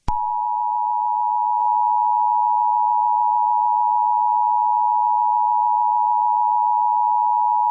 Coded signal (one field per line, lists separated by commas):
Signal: Emergency Alert System (SAME) tones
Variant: 853 and 960 Hz attention tone